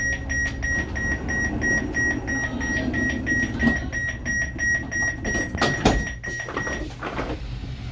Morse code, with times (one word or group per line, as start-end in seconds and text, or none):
none